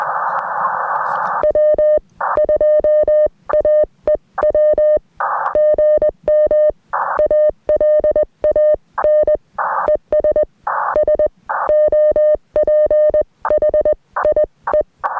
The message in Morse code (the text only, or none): W2AEW GM ALAN ES SOPHIE